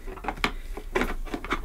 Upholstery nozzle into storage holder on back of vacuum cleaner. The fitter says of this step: If I can get it in, there we go. Clicks into place.